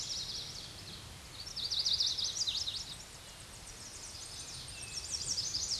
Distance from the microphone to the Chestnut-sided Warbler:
about 10 m